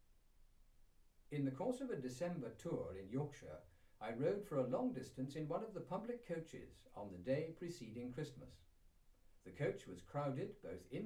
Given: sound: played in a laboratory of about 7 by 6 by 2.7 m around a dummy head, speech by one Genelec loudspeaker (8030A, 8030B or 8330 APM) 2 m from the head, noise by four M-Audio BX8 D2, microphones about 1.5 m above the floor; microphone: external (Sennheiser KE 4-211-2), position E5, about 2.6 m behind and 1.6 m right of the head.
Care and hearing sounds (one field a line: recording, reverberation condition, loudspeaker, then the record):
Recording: male speech in English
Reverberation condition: low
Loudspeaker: in front (0 degrees)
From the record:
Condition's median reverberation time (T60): about 310 ms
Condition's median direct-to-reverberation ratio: about 3.5 dB